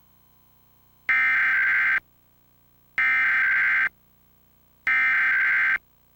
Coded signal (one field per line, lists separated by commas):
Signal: Emergency Alert System (SAME) tones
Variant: header bursts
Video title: Comcast Emergency Alert System - Maryland Required Monthly Test (June 30, 2022)